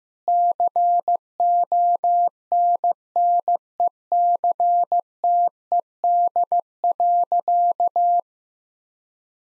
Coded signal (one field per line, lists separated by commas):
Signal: Morse code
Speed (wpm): 15 wpm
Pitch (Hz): 700 Hz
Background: none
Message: CONNECTED.